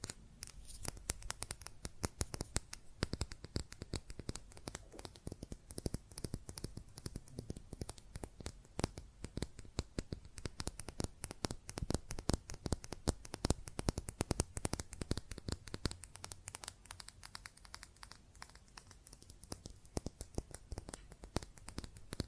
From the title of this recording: Fast Tapping on GlassCeramic Objects